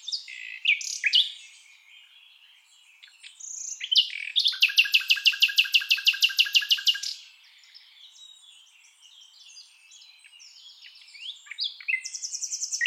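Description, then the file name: Common nightingale singing: short sharp notes, then a long rapid trill of repeated pulses lasting about three seconds, followed by scattered high whistles and another series of repeated notes. "Luscinia megarhynchos"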